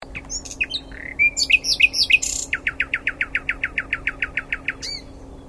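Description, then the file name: Common nightingale song: a varied opening of sharp whistles and chirps, then a long, fast, rhythmic run of identical repeated notes before a final whistled flourish. "Luscinia megarhynchos"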